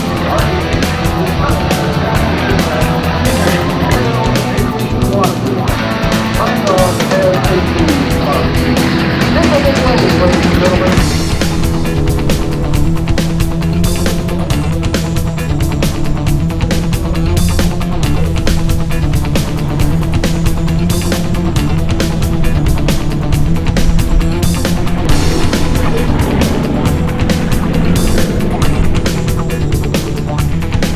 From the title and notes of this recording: EAA AirVenture 2013 – Day 1 Air Show. This episode from EAA AirVenture 2013 in Oshkosh, WI is nothin’ but air show.